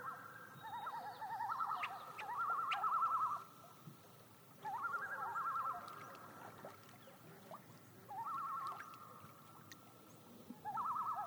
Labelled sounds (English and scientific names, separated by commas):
Common Loon (Gavia immer)